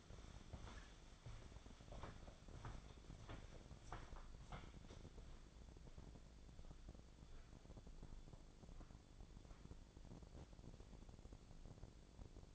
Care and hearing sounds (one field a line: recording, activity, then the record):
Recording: daily activity, microphone in the room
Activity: walk to room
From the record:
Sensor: 5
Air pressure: 1000.0 hPa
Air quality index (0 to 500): 90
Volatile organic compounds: 1 ppm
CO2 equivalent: 735 ppm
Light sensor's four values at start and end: 505/1064/506/595 and 372/917/385/428